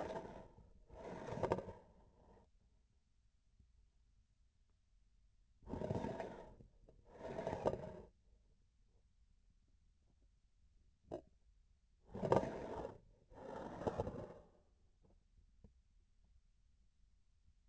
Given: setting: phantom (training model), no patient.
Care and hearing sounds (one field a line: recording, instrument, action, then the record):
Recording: laparoscopic instrument, vibration sensor on the handle end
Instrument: grasping forceps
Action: approaching and retracting movements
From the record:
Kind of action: spatial motion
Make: other than Olympus